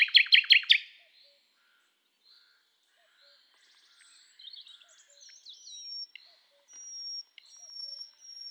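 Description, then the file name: Common nightingale song opening with four loud rapid notes, then a long quiet gap followed by soft varied chirps and thin high whistles. "Luscinia megarhynchos"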